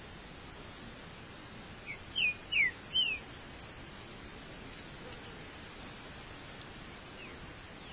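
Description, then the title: Green-winged saltator giving a quieter phrase of three or four sliding whistles around two seconds in, partly masked by broad background hiss and a few isolated high ticks. "Trinca Ferro"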